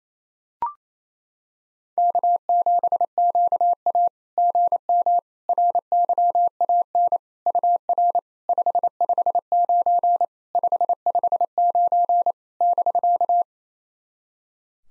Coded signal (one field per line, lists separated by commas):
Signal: Morse code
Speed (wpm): 28 wpm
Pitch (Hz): 700 Hz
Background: none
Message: K7QA GM RYAN UR 559 559 <BK>